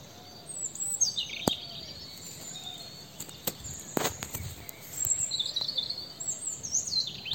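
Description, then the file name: European robin song: high, thin warbled phrases with sliding whistles and trills, a phrase near the start and a longer one in the second half, over steady hiss and a few clicks. "Erithacus rubecula"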